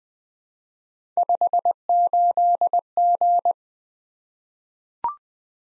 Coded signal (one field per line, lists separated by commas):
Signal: Morse code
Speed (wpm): 20 wpm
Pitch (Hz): 700 Hz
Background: none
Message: 58G